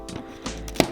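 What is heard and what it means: A plastic LEGO brick element on the front of a cave build is pulled off, moved over one stud, and pressed down onto the baseplate studs. Soft taps and handling knocks lead up to a sharp, loud snap at 0.8 s, as music plays in the background. The brick is seated and locked into place.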